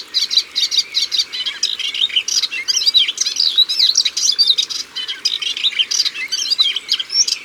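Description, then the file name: Melodious warbler pouring out a quick, tumbling warble of high chirps, buzzy bits and slurred whistles in short phrases, with a constant low hiss beneath. Recorded at the water's edge. "Hypolais polyglotte Au bord de leau"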